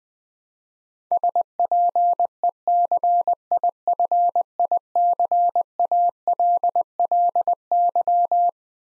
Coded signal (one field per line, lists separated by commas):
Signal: Morse code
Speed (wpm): 20 wpm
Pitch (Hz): 700 Hz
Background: none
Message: SPECIFICALLY